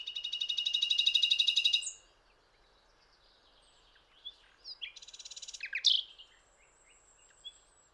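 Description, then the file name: Common nightingale song opening with a loud rapid buzzy trill, then a pause and varied chirps, a shorter rattling trill and sharp whistled notes. "Luscinia megarhynchos"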